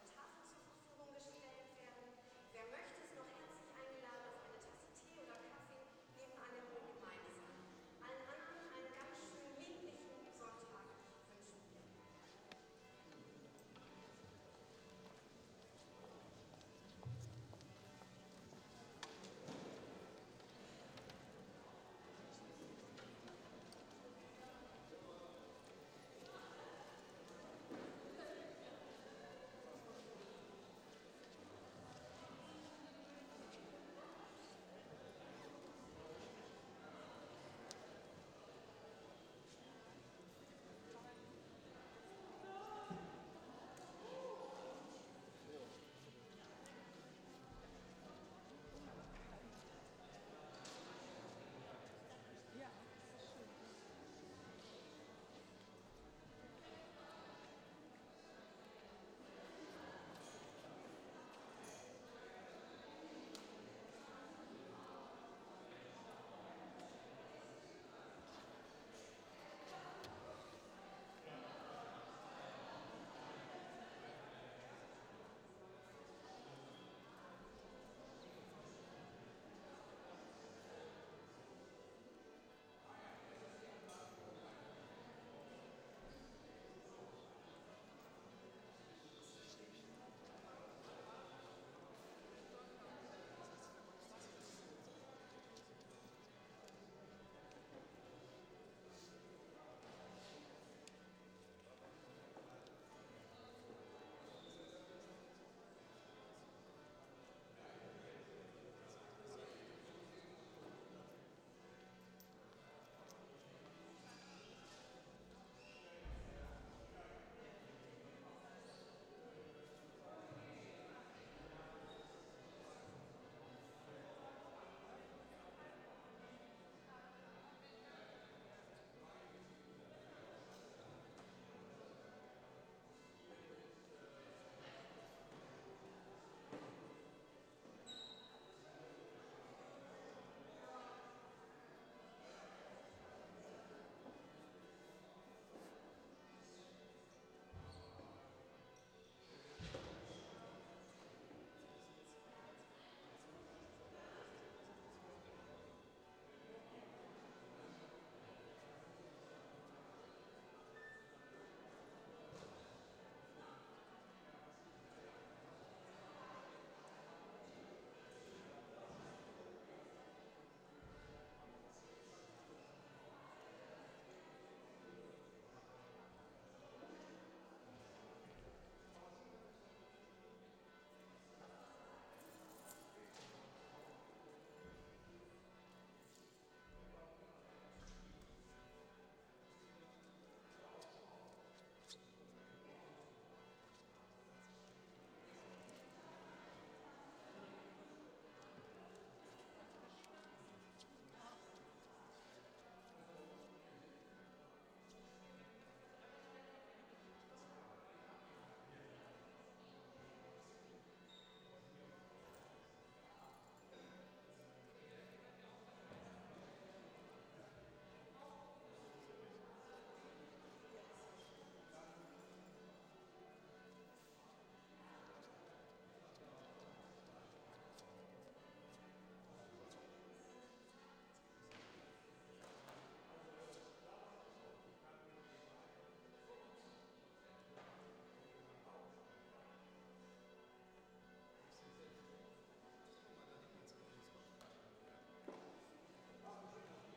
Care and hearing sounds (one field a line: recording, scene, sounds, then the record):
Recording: everyday scene through a hearing-aid microphone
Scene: reverberant space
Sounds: bell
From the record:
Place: church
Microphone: in the ear canal, left